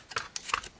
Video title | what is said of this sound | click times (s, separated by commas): Jetboil Flash | and it kind of locks into place like that if you turn it clockwise | 0.4 s